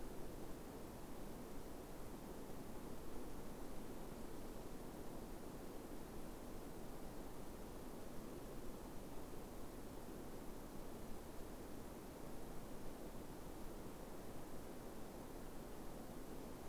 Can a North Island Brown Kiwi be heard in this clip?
no